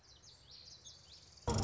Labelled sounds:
Common Yellowthroat (Geothlypis trichas)
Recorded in Sonoma County, California

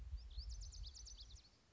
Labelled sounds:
Lazuli Bunting (Passerina amoena)
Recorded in Sonoma County, California

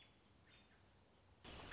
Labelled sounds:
American Robin (Turdus migratorius)
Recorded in Sonoma County, California

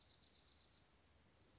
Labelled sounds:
Dark-eyed Junco (Junco hyemalis)
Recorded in Sonoma County, California

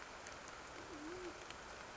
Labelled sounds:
Band-tailed Pigeon (Patagioenas fasciata)
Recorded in Sonoma County, California

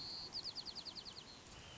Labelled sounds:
White-crowned Sparrow (Zonotrichia leucophrys)
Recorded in Sonoma County, California

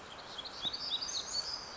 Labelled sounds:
Black-throated Gray Warbler (Setophaga nigrescens)
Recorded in Sonoma County, California

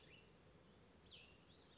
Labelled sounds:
Cassin's Vireo (Vireo cassinii)
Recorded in Sonoma County, California

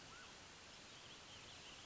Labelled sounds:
Mountain Quail (Oreortyx pictus)
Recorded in Sonoma County, California

